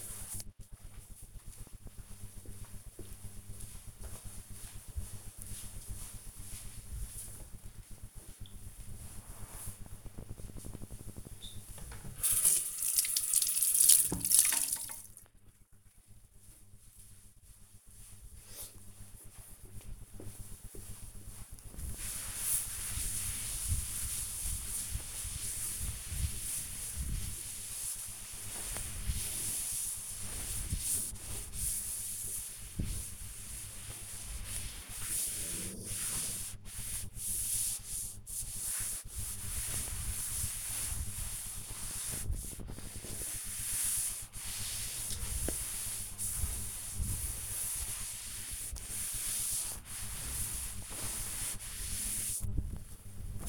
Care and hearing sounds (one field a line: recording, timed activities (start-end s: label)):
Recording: household activities, microphone on the right wrist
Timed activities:
0.00-1.06 s: cleaning table
10.08-53.49 s: cleaning table